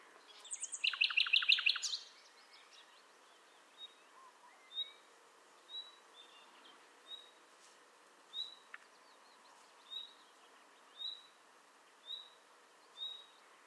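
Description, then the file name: Common nightingale giving one brief loud rapid trill of repeated notes, followed by soft short whistled notes repeated about once a second. "Luscinia megarhynchos"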